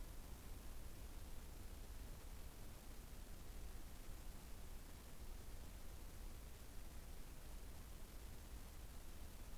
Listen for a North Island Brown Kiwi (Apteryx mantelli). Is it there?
no